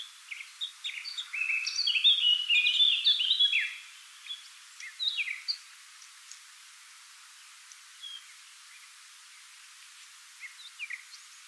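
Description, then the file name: Eurasian Blackcap song: a rich, hurried warble of mixed chirps and whistles for about four seconds, then scattered quieter notes and pauses. "Sylvia atricapilla"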